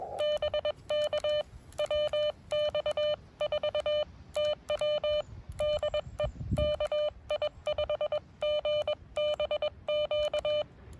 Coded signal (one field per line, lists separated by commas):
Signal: Morse code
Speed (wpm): 21 wpm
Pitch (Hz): 600 Hz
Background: none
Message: BK WX4TW DE KI5GBQ